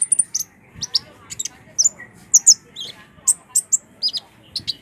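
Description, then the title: Small bird giving sharp high chirps and short squeaky notes in quick irregular bursts. "Burung Kecil"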